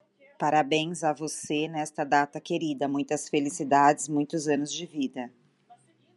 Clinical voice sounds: short text; Brazilian Portuguese; female; 40 to 49 years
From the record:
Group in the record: control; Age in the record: 49 years

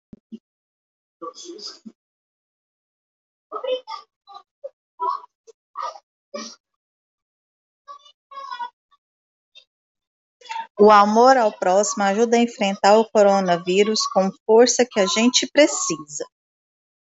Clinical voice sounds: spoken sentence; Brazilian Portuguese; female; 30 to 39 years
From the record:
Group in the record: control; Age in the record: 39 years

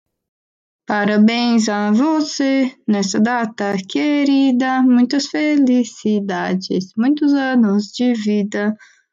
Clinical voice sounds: short text; Brazilian Portuguese; female; 20 to 29 years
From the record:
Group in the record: control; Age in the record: 25 years

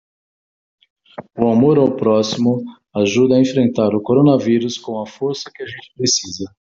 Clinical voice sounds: spoken sentence; Brazilian Portuguese; male; 60 to 69 years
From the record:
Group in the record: control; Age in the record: 60 years

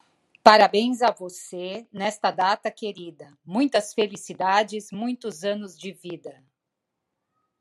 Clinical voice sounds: short text; Brazilian Portuguese; female; 50 to 59 years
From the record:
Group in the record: control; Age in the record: 53 years

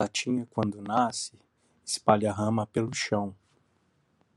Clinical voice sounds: short text; Brazilian Portuguese; male; 50 to 59 years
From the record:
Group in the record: control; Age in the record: 55 years

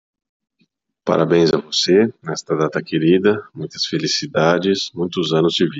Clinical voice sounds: short text; Brazilian Portuguese; male; 30 to 39 years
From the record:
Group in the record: control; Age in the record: 36 years

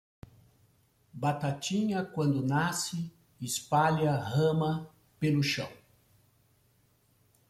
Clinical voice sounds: short text; Brazilian Portuguese; male; 60 to 69 years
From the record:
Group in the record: control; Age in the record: 67 years

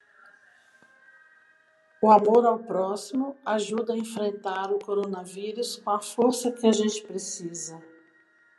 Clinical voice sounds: spoken sentence; Brazilian Portuguese; female; 50 to 59 years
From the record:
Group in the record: control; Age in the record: 56 years

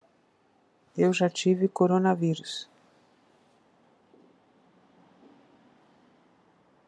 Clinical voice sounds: spoken sentence; Brazilian Portuguese; female; 60 to 69 years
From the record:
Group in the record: control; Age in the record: 64 years

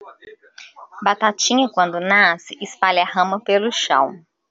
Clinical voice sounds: short text; Brazilian Portuguese; female; 30 to 39 years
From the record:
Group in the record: control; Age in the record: 35 years

